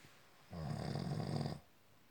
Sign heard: Snoring.